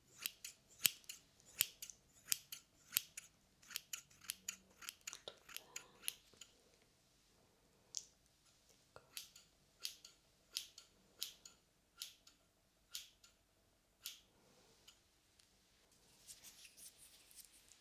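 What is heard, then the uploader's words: Scissors snip in quick, bright, crisp cuts, about two or three per second, with a short pause near the seventh second. Toward the end the snips turn softer and denser, with a faint hiss of brushing hair. Hair Clipper and Scissor Sounds.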